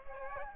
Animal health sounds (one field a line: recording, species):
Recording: mosquito wingbeat signal from an infrared sensor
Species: Aedes aegypti